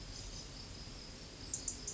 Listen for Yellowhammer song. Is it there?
no